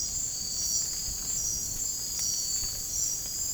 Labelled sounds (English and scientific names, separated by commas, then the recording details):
none
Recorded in dense forest near Puerto Asís, Putumayo, Colombia, on 27 June 2025 at 01:30
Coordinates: 0.503, -76.323
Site G059